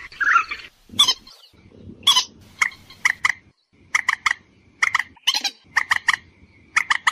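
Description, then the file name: Purple swamphen uttering a harsh screech, then bursts of short honking clucks in small groups, a few more screeches between them. "Tieng trich re keu cuc chuan"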